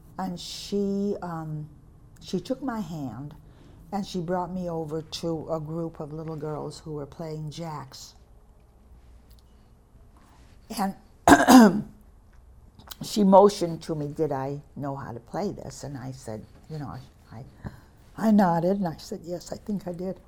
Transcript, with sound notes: and she um, she took my hand and she brought me over to a group of little girls who were playing jacks. And (clears throat) she motioned to me, did I know how to play this? And I said, you know, I nodded, and I said, yes, I think I did.